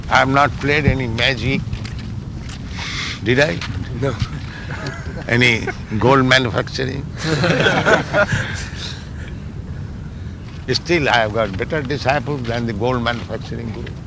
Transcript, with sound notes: I have not played any magic. Did I? Any gold manufacturing? [laughter] Still, I have got better disciples than the gold-manufacturing guru.